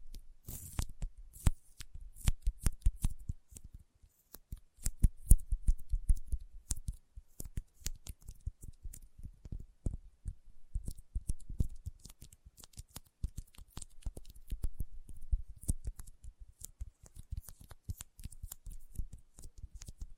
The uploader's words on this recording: ASMR Intense Sticky Finger Sounds (No Talking).